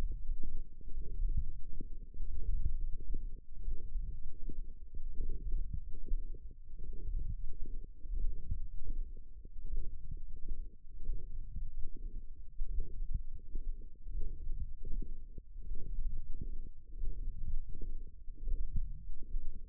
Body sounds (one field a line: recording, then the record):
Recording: forearm muscle sounds (acoustic myography)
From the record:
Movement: forearm supination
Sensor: system 1, eight BSWA MPA416 microphones around the upper forearm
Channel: 6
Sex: male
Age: 23 years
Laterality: right